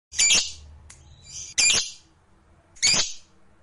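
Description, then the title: Lovebird giving three harsh, high squawks spaced over a few seconds, with quiet gaps between them. Fighter-type lovebird. "Suara Lovebird FIGHTER NGEKEK PANJANG"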